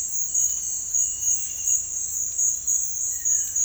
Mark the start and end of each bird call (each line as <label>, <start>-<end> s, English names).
Plain-winged Antshrike, 3.12-3.61 s